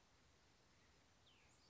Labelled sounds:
Cassin's Vireo (Vireo cassinii)
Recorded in Sonoma County, California

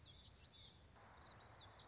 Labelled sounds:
Common Yellowthroat (Geothlypis trichas)
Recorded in Sonoma County, California

